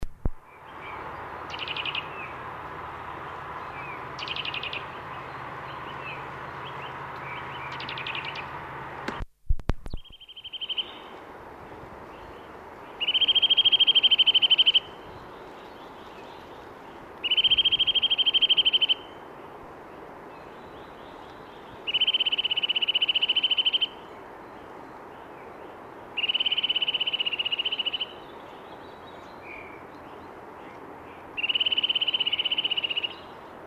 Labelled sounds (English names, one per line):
Eurasian Nuthatch song